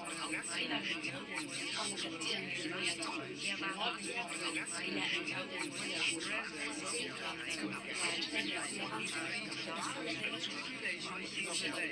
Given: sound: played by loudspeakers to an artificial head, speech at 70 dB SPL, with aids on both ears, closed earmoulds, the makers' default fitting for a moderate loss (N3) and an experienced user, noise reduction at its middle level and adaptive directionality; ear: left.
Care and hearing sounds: speech test signal (ISTS) in cocktail-party noise; -6 dB; on the right (90 degrees)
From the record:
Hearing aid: class 2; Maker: C

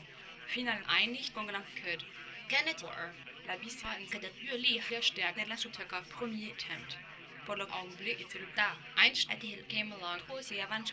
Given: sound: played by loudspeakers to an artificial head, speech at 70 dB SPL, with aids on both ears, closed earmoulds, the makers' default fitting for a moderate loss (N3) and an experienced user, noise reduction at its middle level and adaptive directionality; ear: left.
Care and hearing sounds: speech test signal (ISTS) in cocktail-party noise; +9 dB; in front (0 degrees)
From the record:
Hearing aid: class 2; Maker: F

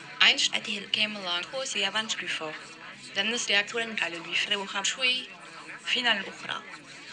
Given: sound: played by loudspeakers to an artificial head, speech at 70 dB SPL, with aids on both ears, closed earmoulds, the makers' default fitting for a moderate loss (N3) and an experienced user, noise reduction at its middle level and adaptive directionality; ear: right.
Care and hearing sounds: speech test signal (ISTS) in cocktail-party noise; +6 dB; on the right (90 degrees)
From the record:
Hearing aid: class 2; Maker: G

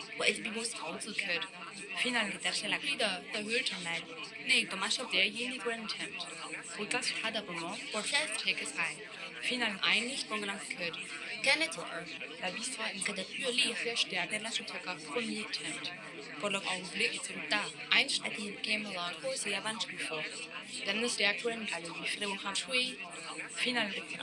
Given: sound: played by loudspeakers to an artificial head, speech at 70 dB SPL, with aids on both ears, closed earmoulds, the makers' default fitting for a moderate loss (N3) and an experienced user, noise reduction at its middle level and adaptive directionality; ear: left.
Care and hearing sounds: speech test signal (ISTS) in cocktail-party noise; -3 dB; in front (0 degrees)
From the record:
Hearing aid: class 2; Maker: I

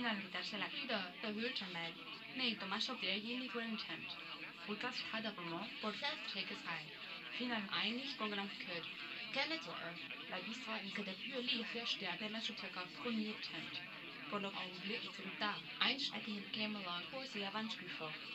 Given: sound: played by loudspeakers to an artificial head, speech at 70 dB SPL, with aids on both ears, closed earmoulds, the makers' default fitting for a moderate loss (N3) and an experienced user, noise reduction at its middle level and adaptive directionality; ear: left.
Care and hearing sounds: speech test signal (ISTS) in cocktail-party noise; +9 dB; on the right (90 degrees)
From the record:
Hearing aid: class 1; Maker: D

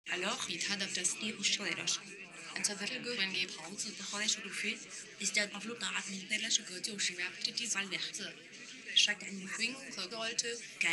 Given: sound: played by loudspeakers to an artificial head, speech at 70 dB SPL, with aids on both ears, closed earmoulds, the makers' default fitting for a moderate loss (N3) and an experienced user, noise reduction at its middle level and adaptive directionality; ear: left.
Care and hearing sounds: speech test signal (ISTS) in cocktail-party noise; +6 dB; in front (0 degrees)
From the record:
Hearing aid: class 1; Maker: J

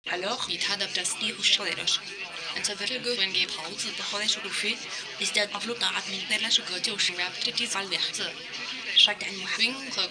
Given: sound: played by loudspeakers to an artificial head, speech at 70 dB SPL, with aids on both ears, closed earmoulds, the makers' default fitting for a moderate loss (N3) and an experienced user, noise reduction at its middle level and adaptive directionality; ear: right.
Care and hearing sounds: speech test signal (ISTS) in cocktail-party noise; +6 dB; in front (0 degrees)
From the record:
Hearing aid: class 2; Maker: A

